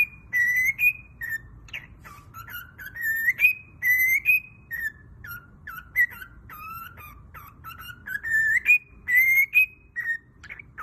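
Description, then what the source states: Cockatiel whistling, many short rising and falling notes strung together, some chirpy, with louder clear whistles near the end. Several cockatiels whistling.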